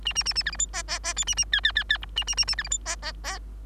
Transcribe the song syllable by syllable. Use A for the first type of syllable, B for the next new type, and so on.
A A A A B C D E E E F A A G G G G H A A A A B C D E E E